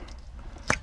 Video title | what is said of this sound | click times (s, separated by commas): 2016 Audi A3 S3 RS3 rear wheel bearing | Hear the click. | 0.7 s